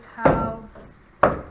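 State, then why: Seated. Someone talks as a SuperATV heavy-duty, scratch-resistant 3-in-1 flip windshield section on a Yamaha Wolverine side-by-side UTV is moved into one of its settings on the frame. A single sharp knock sounds at 1.2 s as it latches and locks into position.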